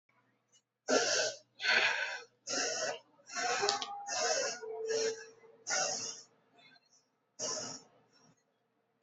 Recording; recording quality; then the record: deep breathing; excellent, no background noise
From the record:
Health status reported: COVID-19 positive, mild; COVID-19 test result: positive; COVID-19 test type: RT-PCR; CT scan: not taken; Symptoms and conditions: fever, fatigue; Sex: female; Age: 22 years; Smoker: no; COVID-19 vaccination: both doses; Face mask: not worn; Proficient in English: yes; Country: India